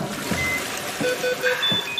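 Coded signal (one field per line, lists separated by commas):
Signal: none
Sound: game music beeps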